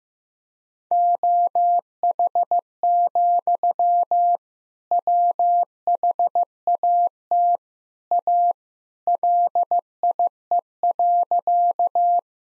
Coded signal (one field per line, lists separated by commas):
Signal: Morse code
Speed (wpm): 15 wpm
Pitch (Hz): 700 Hz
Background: none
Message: OH, WHAT A LIE.